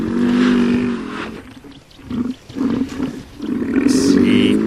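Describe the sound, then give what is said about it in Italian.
A hippopotamus roars in loud, deep, rumbling bellows, a long opening blast followed by a series of shorter pulsing roars, with no one speaking. “Invece quando è in difficoltà, o soprattutto quando sta lottando con un conspecifico, ruggisce.”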